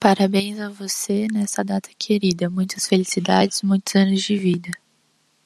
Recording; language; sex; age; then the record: short text; Brazilian Portuguese; female; 20 to 29 years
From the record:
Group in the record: control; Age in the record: 20 years